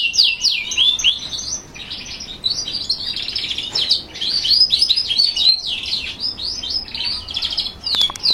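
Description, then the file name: Canary song with rapid chattering warbles and swooping whistles, delivered in dense bursts with brief lulls. Song of a northern frilled canary ('canário ondulado do norte'). "canto do canario ondulado do norte"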